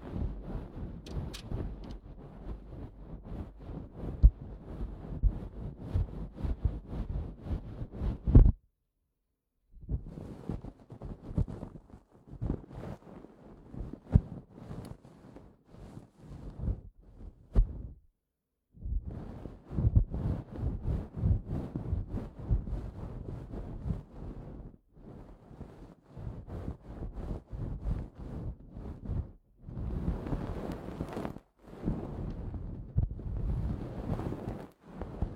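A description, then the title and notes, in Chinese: A goose-feather wand sweeps and scratches inside an ear, giving a dense, crackly rustle over a soft low rumble. The brushing comes in stretches of quick strokes, broken by brief full silences around 9, 18, 25 and 31 seconds. 膝枕｜鹅毛棒掏耳朵。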